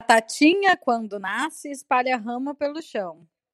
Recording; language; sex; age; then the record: short text; Brazilian Portuguese; female; 30 to 39 years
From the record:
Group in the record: control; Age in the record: 37 years